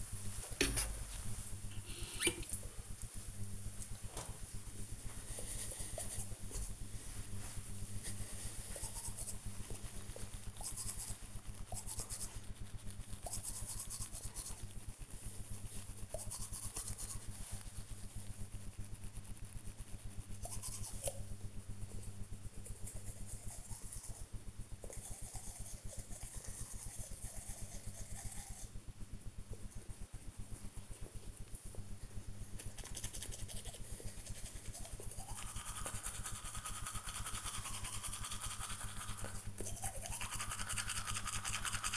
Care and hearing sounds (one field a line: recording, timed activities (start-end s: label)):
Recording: household activities, microphone on the right wrist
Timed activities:
0.00-41.96 s: brushing teeth